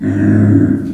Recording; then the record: squeal of a Yucatan mini pig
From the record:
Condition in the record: after surgery on the right vocal fold (resection and tissue-engineered implant); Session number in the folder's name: 4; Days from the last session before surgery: 26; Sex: female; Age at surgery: 19 weeks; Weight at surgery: 25 kg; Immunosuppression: prednisolone